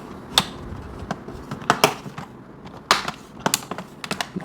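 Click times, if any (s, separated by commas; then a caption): 0.4 s, 1.7 s, 2.9 s, 3.5 s. A plastic laptop bottom cover is pressed closed along its edge so its plastic locking clips snap into the laptop chassis. Sharp snapping clicks ring out at 0.4, 1.7, 2.9 and 3.5 seconds among softer ticks and taps. The cover clips lock in place.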